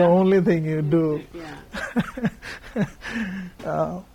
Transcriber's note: laughs